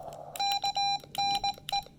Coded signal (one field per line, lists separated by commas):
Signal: Morse code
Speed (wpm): 19 wpm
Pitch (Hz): 810 Hz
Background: none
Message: KNE